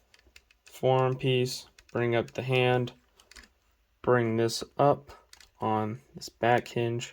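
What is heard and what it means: Someone talks while handling a plastic Transformers Masterpiece MP-27 Ironhide transforming figure, bringing up the forearm piece and hand and swinging an arm part up on its back hinge. Faint plastic ticks and taps come through between the speech. The part has not yet clicked into place; nothing has seated by the end of the clip.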